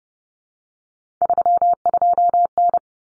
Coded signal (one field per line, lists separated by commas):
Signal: Morse code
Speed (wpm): 30 wpm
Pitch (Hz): 700 Hz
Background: none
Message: 32N